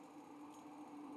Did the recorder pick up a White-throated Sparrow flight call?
no